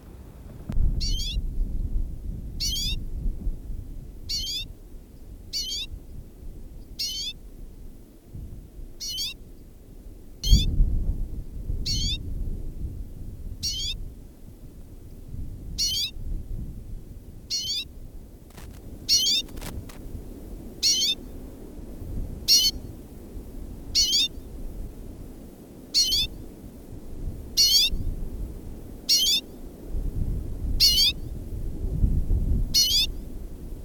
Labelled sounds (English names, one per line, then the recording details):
Common Redpoll call
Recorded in captivity
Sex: male
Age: adult
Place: Insel Rügen, Mecklenburg-Vorpommern, DE
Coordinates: 54.352, 13.363
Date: 1977-12-31
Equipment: Nagra III BH, Sennheiser MD 21, parabola
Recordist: Schubert, Michael